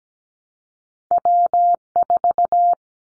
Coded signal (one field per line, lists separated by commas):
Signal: Morse code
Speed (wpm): 17 wpm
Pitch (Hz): 700 Hz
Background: none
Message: W4